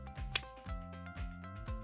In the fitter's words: and then push until you hear a click.